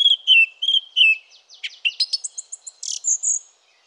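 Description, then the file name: Song thrush singing: a clear whistled phrase repeated several times, then a burst of varied buzzy, chirping notes ending in high squeaky phrases. "Fernand Deroussen feat Chiff-Chaff - Grive musicienne"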